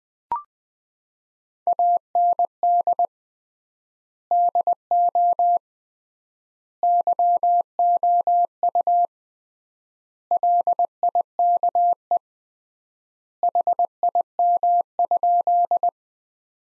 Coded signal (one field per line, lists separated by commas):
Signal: Morse code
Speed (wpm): 21 wpm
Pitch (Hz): 700 Hz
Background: none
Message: AND DO YOU LIKE HIM?